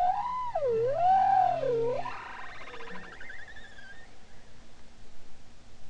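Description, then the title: Bowhead whale song: a loud wavering tonal moan rising and falling twice, with a low hum beneath, then fainter pulsed, warbling notes fading out. Song from Spitsbergen. "Grønlandshvalens sang 1. Lyd: Stafford, Lydersen, Wiig, Kovacs"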